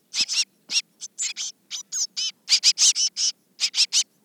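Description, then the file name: Eurasian blue tit uttering sharp, high, slightly downslurred notes in short irregular clusters, some paired, others in quick threes, with brief silences between. "Cyanistes caeruleus"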